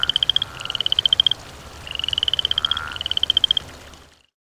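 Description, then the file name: Frog calling in fast, rattling pulse trains, four bursts in a row before the sound fades to silence. Croaking by water. "voda kvak kuznechik"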